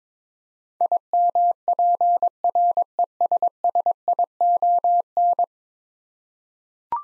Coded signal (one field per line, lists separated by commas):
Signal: Morse code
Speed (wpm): 22 wpm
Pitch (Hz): 700 Hz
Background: none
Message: IMPRESSION